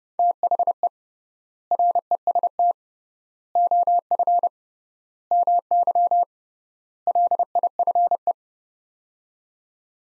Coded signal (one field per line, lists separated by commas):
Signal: Morse code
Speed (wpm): 30 wpm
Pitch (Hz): 700 Hz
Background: none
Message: THE REST OF MY LIFE